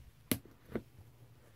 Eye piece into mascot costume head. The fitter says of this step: but these snap into place